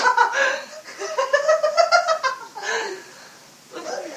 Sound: laughter